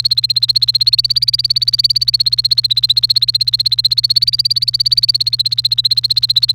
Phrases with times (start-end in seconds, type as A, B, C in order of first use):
0.00-6.52 A